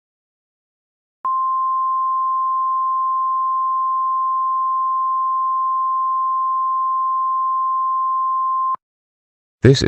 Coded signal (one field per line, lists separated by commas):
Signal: Emergency Alert System (SAME) tones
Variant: 1050 Hz attention tone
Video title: Elmo Error II (+ The Frustrated Kitty, MistfulSkye) (EAS Scenario)